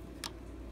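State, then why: Seated. A keyed plastic plug with one flat side and one round side, on the heat strip wiring harness, is pushed straight into its mating socket in an air handler. A short, sharp click is heard at 0.3 s over a low steady hum. The plug is confirmed seated.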